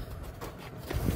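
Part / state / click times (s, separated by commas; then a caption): RC plane boom tail into fuselage / not seated / none. The boom tail of a Heewing T2 VTOL RC plane is being handled and fitted toward its socket in the fuselage. There is low, rumbling handling noise throughout, growing louder from about 0.9 s to the end. Nothing has seated or clicked yet.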